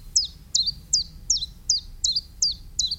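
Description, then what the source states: Common Chiffchaff song, a steady series of sharp high notes repeated nearly three times a second, over low background rumble. Very simple two-note song; heard everywhere along a walk beside a railway; common at this season; resident, present all year.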